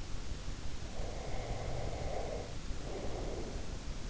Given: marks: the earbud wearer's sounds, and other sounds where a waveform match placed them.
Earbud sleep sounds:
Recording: sounds in sleep by an in-ear microphone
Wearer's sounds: breath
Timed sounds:
1.04-3.80 s: breath

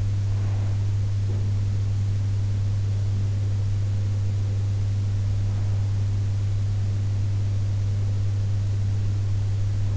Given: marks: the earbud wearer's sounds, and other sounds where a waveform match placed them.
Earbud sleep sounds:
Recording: sounds in sleep by an in-ear microphone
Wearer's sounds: breath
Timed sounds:
0.00-1.16 s: breath

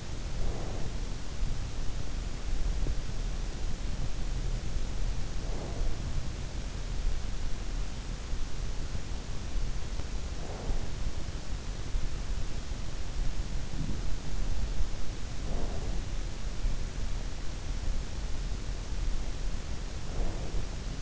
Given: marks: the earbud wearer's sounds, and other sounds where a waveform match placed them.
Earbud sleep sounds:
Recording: sounds in sleep by an in-ear microphone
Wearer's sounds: breath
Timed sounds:
0.00-1.23 s: breath
5.33-6.32 s: breath
10.00-11.19 s: breath
15.33-16.47 s: breath
19.84-21.02 s: breath

